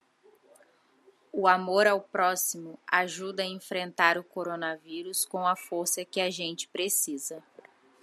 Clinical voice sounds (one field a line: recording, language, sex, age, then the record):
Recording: spoken sentence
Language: Brazilian Portuguese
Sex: female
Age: 30 to 39 years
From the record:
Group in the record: control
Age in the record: 35 years